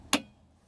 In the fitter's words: it snaps snaps in place then put your tabs in both sides close